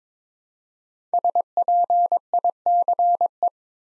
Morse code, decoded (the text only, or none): SPICE